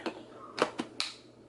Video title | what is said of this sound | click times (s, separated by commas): Amazon Cordless Onson Vacuum - PRODUCT REVIEW | so it just snaps in place | 1.0 s